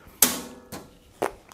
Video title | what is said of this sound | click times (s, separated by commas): Cooler Master Masterframe 600 : Le retour du HAUT DE GAMME !!! | C'est aimanté, c'est clipsé. | 0.2 s